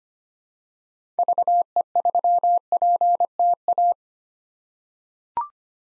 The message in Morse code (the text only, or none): VE3PTA